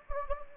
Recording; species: mosquito wingbeat signal from an infrared sensor; Anopheles gambiae